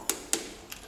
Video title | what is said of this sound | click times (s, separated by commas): How to rebuild a YZ 250 2 STROKE Top End | That clicking you can hear is obviously the | 0.1 s, 0.3 s